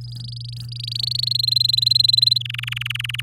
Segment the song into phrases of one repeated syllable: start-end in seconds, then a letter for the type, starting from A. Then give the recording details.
0.01-1.33 A, 1.34-2.38 B, 2.40-3.21 C. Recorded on 8 May 2018 at 05:48. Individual llb16